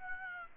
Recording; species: mosquito wingbeat signal from an infrared sensor; Aedes aegypti